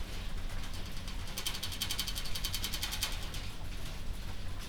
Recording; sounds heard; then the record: poultry house recording; no chicken sound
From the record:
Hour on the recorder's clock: 1